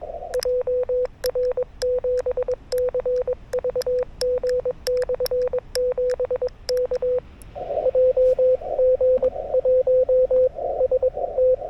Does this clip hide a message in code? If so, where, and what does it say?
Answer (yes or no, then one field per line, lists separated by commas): yes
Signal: Morse code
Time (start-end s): 0.3-11.6 s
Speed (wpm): 21 wpm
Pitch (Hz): 500 Hz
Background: radio noise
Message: JR7CVG/7 K JG1ST